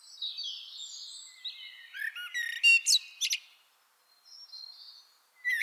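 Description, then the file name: Common blackbird song, a soft warble with squeaky high notes and a burst of sharp twittering midway, then a short quiet pause and a brief closing phrase. "Turdus merula"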